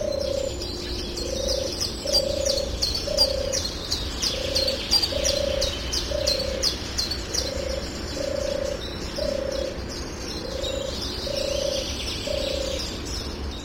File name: Tourterelle des bois